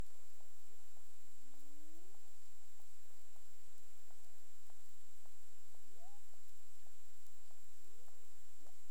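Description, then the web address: Cetacean sounds: a low rising moan, flat tones, a steep upsweep and an arched note near the end, with scattered clicks and a steady high-pitched hum. Clicks recorded off Bermuda on 17 April 2021 at 23:59 UTC, part of the CARIMAM sample collection. "CARIMAM SAMPLES. BERMUDE 20211704 23 h 59 clic"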